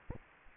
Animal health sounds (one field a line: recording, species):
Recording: mosquito wingbeat signal from an infrared sensor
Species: Anopheles gambiae